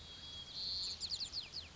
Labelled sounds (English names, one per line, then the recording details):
White-crowned Sparrow
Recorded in Sonoma County, California